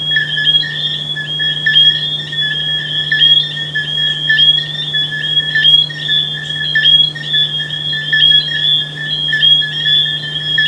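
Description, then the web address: Chorus of frogs giving quick, high tonal calls that blend into a continuous ringing, accompanied by a steady low mains-like hum. "humbot audio frogs"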